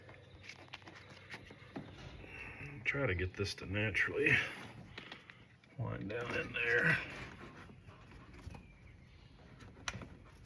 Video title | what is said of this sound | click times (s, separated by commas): 1984 bullnose plugs and wires replaced! | There we go, you hear it seat. | 9.9 s